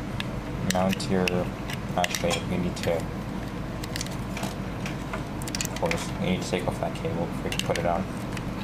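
Someone talks while handling the magnetic mounting bracket of a Corsair Hydro Series H80i liquid CPU cooler as it is brought to the pump block, with the cable taken off before it goes on. Faint handling taps and knocks are heard under the talking. Nothing has seated or clicked yet; the bracket is not yet home on the pump block when the clip ends.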